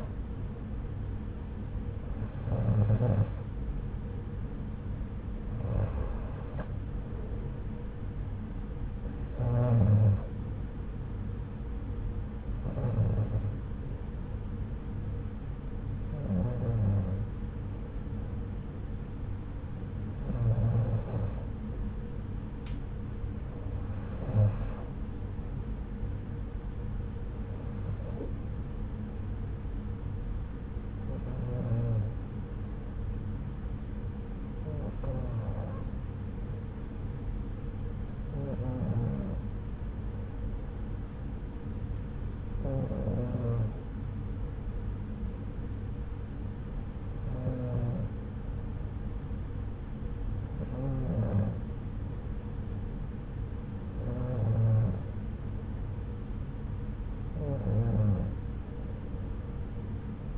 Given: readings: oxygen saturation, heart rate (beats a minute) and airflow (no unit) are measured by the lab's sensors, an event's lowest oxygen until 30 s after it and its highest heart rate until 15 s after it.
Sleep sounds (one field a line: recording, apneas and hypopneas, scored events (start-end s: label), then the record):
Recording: breathing in sleep by a smartphone at the bedside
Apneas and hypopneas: none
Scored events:
49.00-60.38 s: new sleep stage, N2 (light sleep)
From the record:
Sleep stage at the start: N1 (lightest sleep)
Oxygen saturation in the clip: 91 to 94%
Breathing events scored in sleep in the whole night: 303 in 8.1 hours asleep